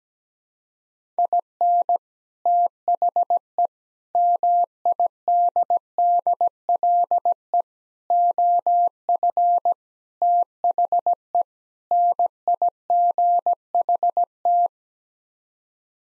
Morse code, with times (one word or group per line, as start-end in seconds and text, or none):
1.2-2.0 IN
2.5-3.7 THE
4.2-7.6 MIDDLE
8.1-9.7 OF
10.2-11.4 THE
11.9-14.7 NIGHT